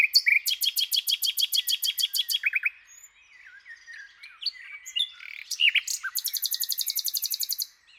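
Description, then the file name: Common nightingale song starting with a long run of rapidly repeated loud notes, a quieter varied passage, then another fast high trill. "Luscinia megarhynchos"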